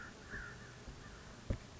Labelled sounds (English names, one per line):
American Crow